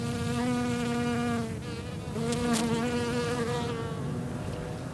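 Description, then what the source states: Western honey bee flight buzz: a steady, fairly low hum with stacked harmonics, pausing briefly midway before resuming, over a low background rumble. Heavier, lower buzz than the whining Formula 1 bee; honey bee feeding on viper's bugloss in the Zandvoort dunes.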